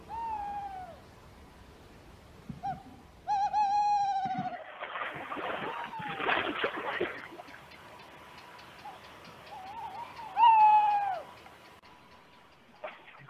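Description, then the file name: Tawny owl calls: several tonal hoots, some drawn-out and gently falling, broken by rustling noise, with a faint steady hum underneath. "chouette hulotte"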